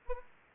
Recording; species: mosquito wingbeat signal from an infrared sensor; Anopheles arabiensis